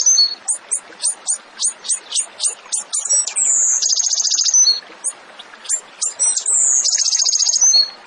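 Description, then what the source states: Bird song: a run of sharp, high whistled notes repeated rapidly, then long buzzy high trills alternating with short chirps. Masteran training recording used to teach captive songbirds; tembakan song style; gacor, a bird singing vigorously.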